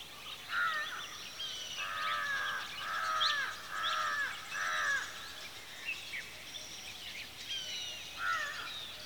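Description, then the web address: Birds calling, with a run of several harsh, nasal caw-like calls amid a constant backdrop of high chirping birds. Several birds calling at a watering hole in the afternoon. "Audio Things Live Show Underground Caves Birds At Watering Hole (Afternoon"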